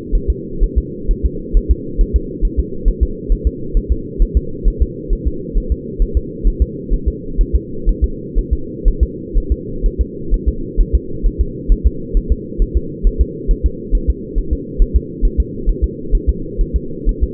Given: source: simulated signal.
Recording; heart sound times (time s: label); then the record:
fetal heart sounds
0.15 s: S1
0.30 s: S2
0.64 s: S1
0.78 s: S2
1.11 s: S1
1.25 s: S2
1.57 s: S1
1.71 s: S2
2.01 s: S1
2.16 s: S2
2.45 s: S1
2.59 s: S2
2.88 s: S1
3.03 s: S2
3.32 s: S1
3.47 s: S2
3.77 s: S1
3.92 s: S2
4.22 s: S1
4.37 s: S2
4.68 s: S1
4.82 s: S2
5.13 s: S1
5.27 s: S2
5.58 s: S1
5.72 s: S2
6.02 s: S1
6.17 s: S2
6.47 s: S1
6.62 s: S2
6.94 s: S1
7.08 s: S2
7.41 s: S1
7.56 s: S2
7.89 s: S1
8.04 s: S2
8.39 s: S1
8.53 s: S2
8.88 s: S1
9.03 s: S2
9.38 s: S1
9.52 s: S2
9.86 s: S1
10.01 s: S2
10.34 s: S1
10.49 s: S2
10.81 s: S1
10.95 s: S2
11.27 s: S1
11.41 s: S2
11.72 s: S1
11.87 s: S2
12.17 s: S1
12.32 s: S2
12.62 s: S1
12.77 s: S2
13.07 s: S1
13.21 s: S2
13.51 s: S1
13.66 s: S2
13.95 s: S1
14.10 s: S2
14.39 s: S1
14.53 s: S2
14.82 s: S1
14.96 s: S2
15.25 s: S1
15.40 s: S2
15.69 s: S1
15.84 s: S2
16.15 s: S1
16.29 s: S2
16.61 s: S1
16.76 s: S2
17.09 s: S1
17.24 s: S2
From the record:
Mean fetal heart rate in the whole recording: 130 bpm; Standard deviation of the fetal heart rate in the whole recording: 4 bpm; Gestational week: 38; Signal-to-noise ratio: -4.3 dB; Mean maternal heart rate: 72 bpm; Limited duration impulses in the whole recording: absent